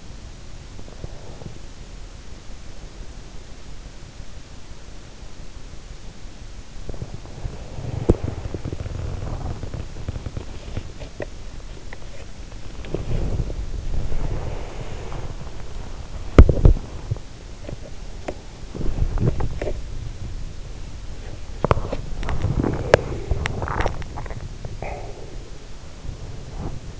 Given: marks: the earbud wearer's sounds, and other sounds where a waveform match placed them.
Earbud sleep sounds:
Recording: sounds in sleep by an in-ear microphone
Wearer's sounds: body movement, teeth grinding, breath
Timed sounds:
0.64-1.98 s: body movement
6.74-27.00 s: body movement
21.31-24.16 s: teeth grinding
24.50-25.89 s: breath

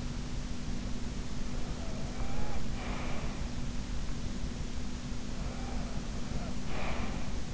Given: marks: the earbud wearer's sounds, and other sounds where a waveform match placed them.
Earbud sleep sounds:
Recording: sounds in sleep by an in-ear microphone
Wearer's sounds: breath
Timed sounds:
1.81-3.47 s: breath
5.36-7.27 s: breath

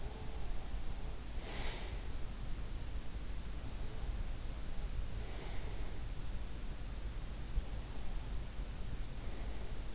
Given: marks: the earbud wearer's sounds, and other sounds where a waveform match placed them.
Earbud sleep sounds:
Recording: sounds in sleep by an in-ear microphone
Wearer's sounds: breath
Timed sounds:
0.00-2.40 s: breath

